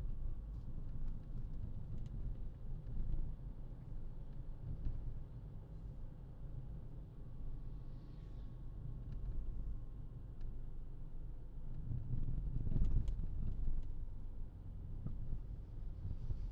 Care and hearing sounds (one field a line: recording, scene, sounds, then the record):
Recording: everyday scene through a hearing-aid microphone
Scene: in a vehicle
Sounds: engine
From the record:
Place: Berlingo II, diesel engine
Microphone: in the ear canal, left